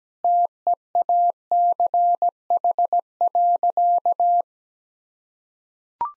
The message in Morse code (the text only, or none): TEACH.